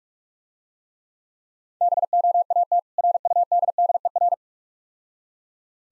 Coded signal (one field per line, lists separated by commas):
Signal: Morse code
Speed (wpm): 46 wpm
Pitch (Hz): 700 Hz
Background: none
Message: BOAT RUDDER